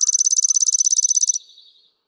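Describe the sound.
Chipping sparrow trill: a rapid series of about twenty sharp, dry chips in just over a second, then a brief fading buzz.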